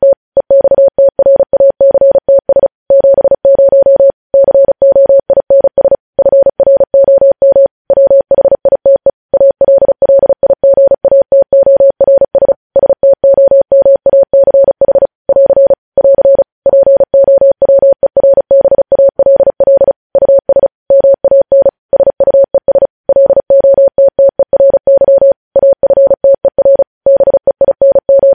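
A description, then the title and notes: Morse code sent as a single steady mid-pitched tone, keyed on and off in quick dots and dashes with short gaps between characters. The signal is close and clean, running continuously for the whole stretch with no background sounds. Morse code.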